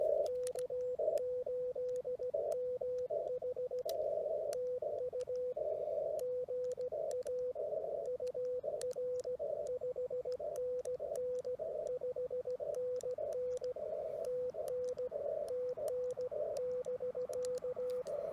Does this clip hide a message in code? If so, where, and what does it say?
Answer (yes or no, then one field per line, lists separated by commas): yes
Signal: Morse code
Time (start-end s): 0.3-18.0 s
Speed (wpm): 16 wpm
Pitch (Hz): 500 Hz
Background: radio noise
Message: K8MH TU GA UR 5NN 5NN TN TN <BK>